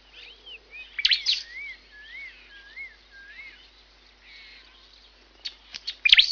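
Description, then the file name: Bird repeats looping whistled notes that rise and fall, interrupted by a loud harsh burst early on and sharp clicks near the end. "Bird tweets"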